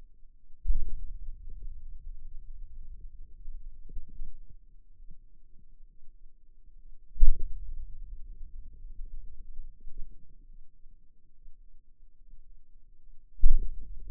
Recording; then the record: forearm muscle sounds (acoustic myography)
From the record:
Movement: hand opening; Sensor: system 2, bracelet of six BSWA MPA416 microphones around the upper forearm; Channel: 1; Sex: male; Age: 22 years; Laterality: right